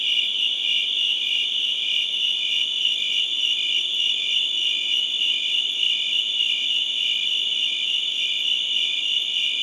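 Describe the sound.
Crickets form an unbroken high ringing chorus with a quick, slightly uneven pulse.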